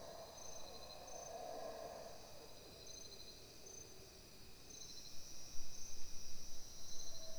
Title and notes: recorded in the Belize jungle right outside of San Ignacio, and includes a chorus of bugs, howler monkeys and various birds. It was recorded about 5 am.